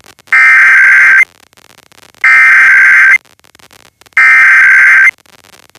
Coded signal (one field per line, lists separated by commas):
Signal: Emergency Alert System (SAME) tones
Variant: header bursts